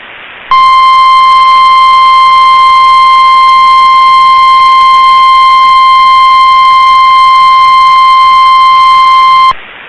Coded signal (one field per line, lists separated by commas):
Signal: Emergency Alert System (SAME) tones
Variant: 1050 Hz attention tone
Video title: 7/3/23 - Severe Thunderstorm Watch #439 on WNG706 (EAS #803)